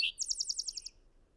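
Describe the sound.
Bird song: a single sharp high note, then a rapid trill of about eight bright repeated notes that fades away.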